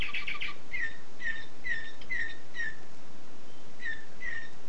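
Canary song: a series of short chirped notes near the same pitch, repeated roughly twice a second with a brief pause midway, over steady background hiss.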